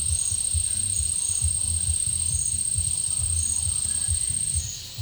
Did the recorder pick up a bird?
no